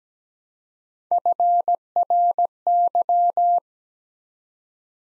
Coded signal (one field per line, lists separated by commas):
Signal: Morse code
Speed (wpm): 17 wpm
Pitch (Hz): 700 Hz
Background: none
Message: FRY